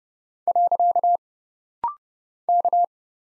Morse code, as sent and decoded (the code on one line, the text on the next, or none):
.-.-.- / -.-
. K